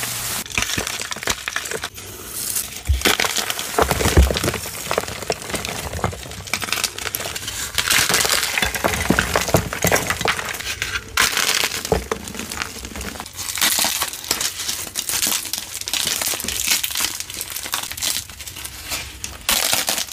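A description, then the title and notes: Chalk bombs filled with soap, glitter and powder are crushed, making a dense, crackling, crumbly hiss that runs for the full twenty seconds. Sharp grainy bursts and crunches come every second or so, over a quiet background. Exploding Gym Chalk Bombs Overload. ASMR Crushing dyed gym chalk bombs filled with soap, glitter, powder and more!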